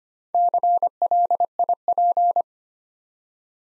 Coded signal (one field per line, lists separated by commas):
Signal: Morse code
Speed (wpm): 25 wpm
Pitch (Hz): 700 Hz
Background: none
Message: CLIP